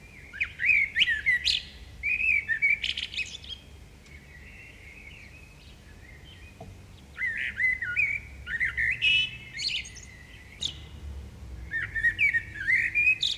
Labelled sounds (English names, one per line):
Common Blackbird song